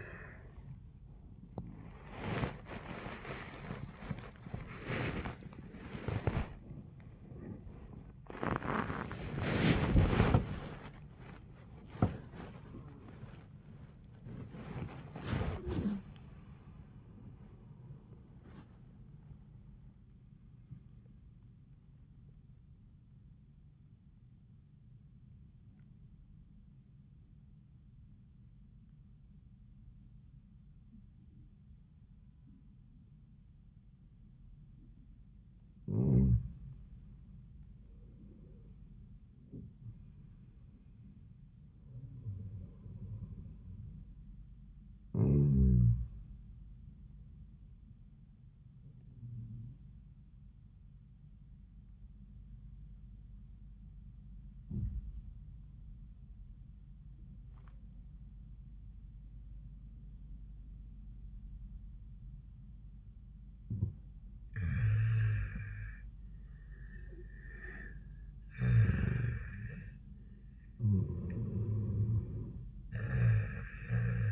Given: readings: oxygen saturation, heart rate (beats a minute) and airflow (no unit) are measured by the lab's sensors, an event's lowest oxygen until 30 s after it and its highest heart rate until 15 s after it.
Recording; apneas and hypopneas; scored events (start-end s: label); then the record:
breathing in sleep by a smartphone at the bedside; 2
0.00-36.00 s: awake
23.00-36.90 s: hypopnea (scored as awake, oxygen 96% highest, then 87% lowest, heart rate 111 at the start, 111 highest)
29.00-74.32 s: new sleep stage, N1 (lightest sleep)
51.00-64.90 s: obstructive apnea (N1, oxygen 96% highest, then 86% lowest, heart rate 81 at the start, 81 highest)
From the record:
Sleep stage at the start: awake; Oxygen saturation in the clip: 87 to 96%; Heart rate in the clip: 55 to 111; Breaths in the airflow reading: 9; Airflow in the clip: -6.2 to 6.7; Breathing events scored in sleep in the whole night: 400 in 8.7 hours asleep